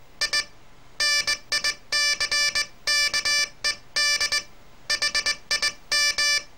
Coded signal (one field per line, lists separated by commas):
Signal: Morse code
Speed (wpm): 19 wpm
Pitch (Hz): 1750 Hz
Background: none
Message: I NICKED HIM